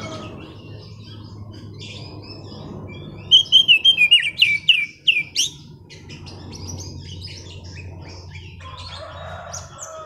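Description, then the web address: Oriental magpie-robin with a brief burst of quick whistled and slurred notes near the middle, set against constant low background noise and softer chirps. Master recording used as a lure to prompt a kacer that has stopped singing to sing again. "kacer pancingan macet bunyi. masteran kacer"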